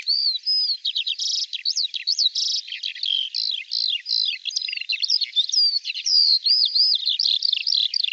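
Bird singing a lively high twittering stream with buzzy trilled bursts and curling whistled notes, tumbling without pause.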